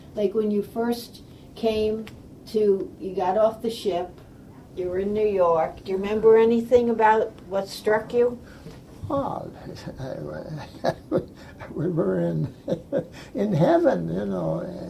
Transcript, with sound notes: Like when you first came to -- you got off the ship, you were in New York -- do you remember anything about what struck you?
Ah (laughs) we were in (laugh) in heaven you know.